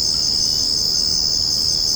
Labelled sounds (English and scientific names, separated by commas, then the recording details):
none
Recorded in secondary vegetation near Puerto Asís, Putumayo, Colombia, on 9 March 2025 at 23:30
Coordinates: 0.481, -76.318
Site G097